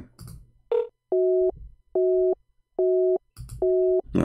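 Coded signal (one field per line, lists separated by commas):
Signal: none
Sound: calling app ring tones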